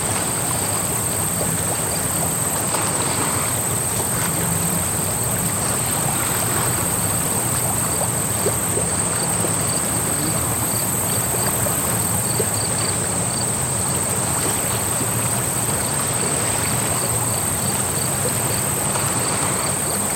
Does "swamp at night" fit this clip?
yes